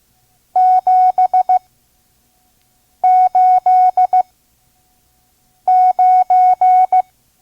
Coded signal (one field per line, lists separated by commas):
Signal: Morse code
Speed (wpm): 16 wpm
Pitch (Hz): 740 Hz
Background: none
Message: 789